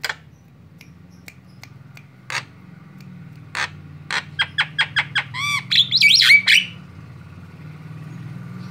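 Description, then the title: Javan myna song: sparse dry clicks give way to a quick series of rasping notes and a wavering, whining squeal, over a steady low hum. Very noisy tutor song meant for training other songbirds. "Jalak Kebo Master Suara Super Berisik Buat Masteran"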